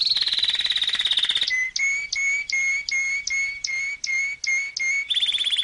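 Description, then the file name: Canary with a high rapid trill, a run of about ten clear whistled notes in steady rhythm, then the high trill returns. "Canary Voice"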